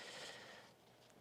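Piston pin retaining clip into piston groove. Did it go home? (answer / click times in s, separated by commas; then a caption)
no / none. A metal piston pin retaining circlip is handled and brought toward the piston groove on a Honda Rincon 650 engine, carefully so it does not drop into the engine. Soft rubbing and scraping fades after about 0.7 s, with a faint brief tick at 1.1 s. Nothing has seated or clicked yet.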